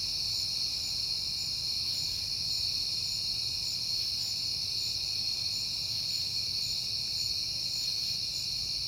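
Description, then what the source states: Dense high cricket trill runs evenly through, with light low background noise. Recorded at night in September on a peaceful night.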